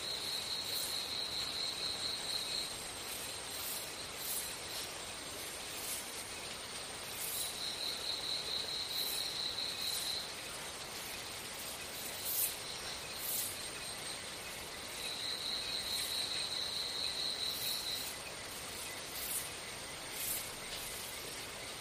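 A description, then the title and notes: Jungle ambience with a steady, dense insect hiss, broken by a bright, rapid pulsing trill that returns three times, every seven or eight seconds. This episode of the White Noise Podcast is JUNGLE SOUNDS.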